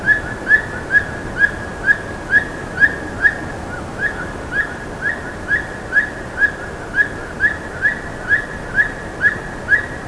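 Bird calls, clear sharp chirps repeated evenly about twice a second throughout, each note brief and slightly upslurred, over quiet background hiss.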